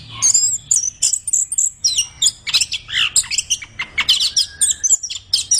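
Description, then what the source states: Orange-headed thrush singing rapid, high warbling phrases with crisp whistles and trills, tightly spaced with only short breaks. Described as 'gacor', singing vigorously and continuously.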